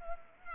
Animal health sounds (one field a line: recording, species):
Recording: mosquito wingbeat signal from an infrared sensor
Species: Culex pipiens